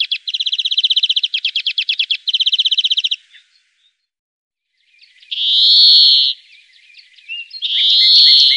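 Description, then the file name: European greenfinch song: rapid rattling trills in quick succession, then a pause, followed by two long drawn-out wheezing nasal notes. "Gronfink"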